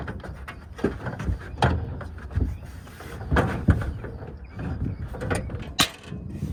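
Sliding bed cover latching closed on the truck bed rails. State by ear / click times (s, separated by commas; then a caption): seated / 5.8 s. A Peragon sliding bed cover on a Tundra truck is put back on its bed rails and slid shut, with sliding and rattling sounds and sharp knocks near 1.6 s and 3.4 s. The latch clicks closed with the strongest hit at 5.8 s, and the cover is seated.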